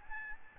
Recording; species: mosquito wingbeat signal from an infrared sensor; Aedes albopictus